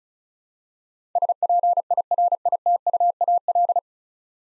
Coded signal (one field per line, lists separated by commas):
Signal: Morse code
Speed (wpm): 36 wpm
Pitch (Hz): 700 Hz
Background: none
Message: SPIRITUAL